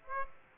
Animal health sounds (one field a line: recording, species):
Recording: mosquito wingbeat signal from an infrared sensor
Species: Aedes aegypti